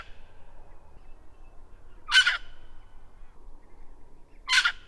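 Red wattlebird giving two harsh, raspy coughing notes about two seconds apart, with low background rumble between them.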